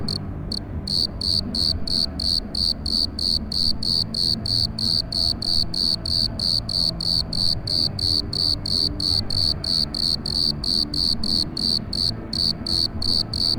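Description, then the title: Grasshopper song of crisp high chirps, about three each second, continuing steadily over a muffled background of low crowd and music rumble. Hidden, unseen, in a roadside gutter by a kerb in street-lamp shade, Aix-les-Bains, Savoie, France; took 10 minutes to locate amid reflections; festival music and crowd 500 m away; Zoom H4 on road. "Rue Jacques Cartier, Puer, Aix-les-Bains, Savoie, Auvergne-Rhône-Alpes, France métropolitaine, 73100, France - Criquet acousmatique"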